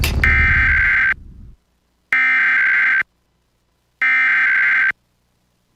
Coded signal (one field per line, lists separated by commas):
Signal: Emergency Alert System (SAME) tones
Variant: header bursts